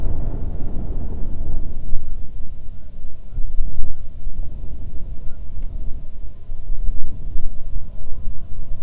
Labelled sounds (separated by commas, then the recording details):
bird, wind, aircraft
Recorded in the Prudhoe Bay oil fields, Alaska, on 7 August 2019 at 14:07
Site 17